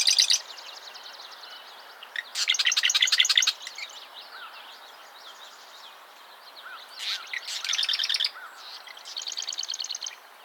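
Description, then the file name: Mourning warbler repeats its quick, rolling chirpy phrase several times, the strongest after two seconds, with other small bird calls in the background. Recorded in the USA, Minnesota, at Old Cedar Ave, on 14 July 2012. "JMJ-20120714-070616-000739-USA-MN-Old Cedar Ave-MAWR"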